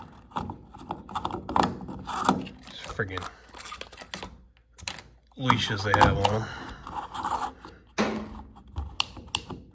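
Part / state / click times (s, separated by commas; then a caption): fuel cap onto truck fuel filler neck / torque reached / 9.0 s, 9.3 s. Someone talks while the fuel filler cap is twisted onto the fuel filler neck of a 2012 GMC Sierra pickup after a fuel pump change. Its ratchet gives sharp clicks at 9.0 and 9.4 seconds, confirming the cap is tight.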